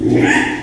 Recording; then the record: squeal of a Yucatan mini pig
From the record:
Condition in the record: after surgery on the right vocal fold (resection and tissue-engineered implant); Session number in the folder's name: 4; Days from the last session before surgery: 42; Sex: male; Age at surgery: 12 weeks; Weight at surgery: 13 kg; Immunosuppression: cyclosporine, prednisolone